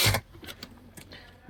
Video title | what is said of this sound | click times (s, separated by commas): Part 1 - Car Driving - Car चलाना हुआ अब आसान | देखिए नीरज जी आप गलत तरीका अपना रहे हैं। इसीलिए वो लॉक नहीं हो रहा है। | none